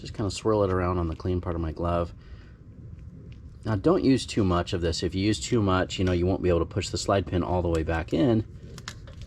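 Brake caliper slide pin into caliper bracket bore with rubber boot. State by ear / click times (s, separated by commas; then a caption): seated / 8.9 s. Someone talks while a greased steel brake caliper slide pin on the rear brakes of a 2017 Toyota Camry is pushed back into its bore in the caliper bracket, with little grease used because too much would stop the pin going all the way in. A sharp click comes at 8.9 s as the rubber boot locks into place, and the slide pin is seated.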